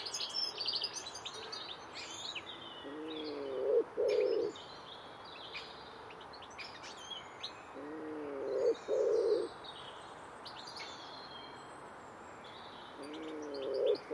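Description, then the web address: Common wood pigeon song: deep, muffled coo phrases returning about every five seconds, over steady twittering and whistles from smaller birds. "cianscape. Deverinetal. Bird Only"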